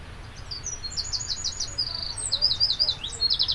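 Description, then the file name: Eurasian wren song: a continuous high, fast stream of rattling trills and piercing notes, rising and falling in loudness throughout. "Troglodytes troglodytes"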